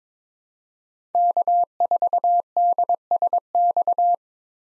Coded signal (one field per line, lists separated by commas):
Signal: Morse code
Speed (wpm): 22 wpm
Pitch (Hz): 700 Hz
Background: none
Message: K4DSX